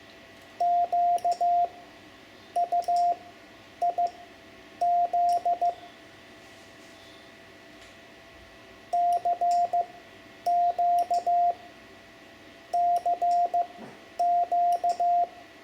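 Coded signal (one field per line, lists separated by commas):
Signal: Morse code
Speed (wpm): 15 wpm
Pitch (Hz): 700 Hz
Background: radio noise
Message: QUIZ CQCQ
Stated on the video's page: Hand-sent Morse lesson teaching numbers 5 to 9 for amateur radio learners.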